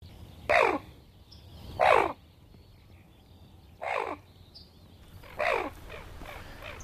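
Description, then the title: Common Goldeneye calls: four short, harsh, rasping bursts spaced a second or two apart. "Viikon luontoääni: Telkkä"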